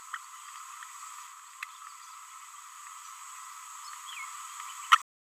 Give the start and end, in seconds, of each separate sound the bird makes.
0.14-0.17